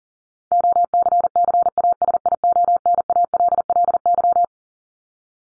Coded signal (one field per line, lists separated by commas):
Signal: Morse code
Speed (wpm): 40 wpm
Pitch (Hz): 700 Hz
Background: none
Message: OCCASIONALLY